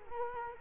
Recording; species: mosquito wingbeat signal from an infrared sensor; Culex quinquefasciatus